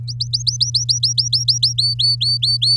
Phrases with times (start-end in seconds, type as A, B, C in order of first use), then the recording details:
0.08-1.73 A, 1.78-2.77 B. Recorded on 9 May 2018 at 10:42. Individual llb16